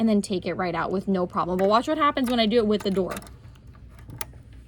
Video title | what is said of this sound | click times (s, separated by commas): How to Insert Bobbins on Juki TL-18 / TL-2010 | I didn't hear anything. I don't know if it's in there properly. | none